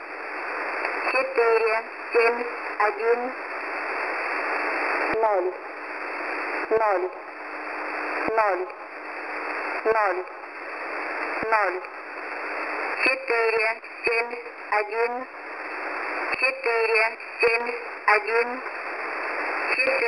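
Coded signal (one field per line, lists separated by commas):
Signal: numbers station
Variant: S06s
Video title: S06s Number Station 9262kHz - 8:30 UTC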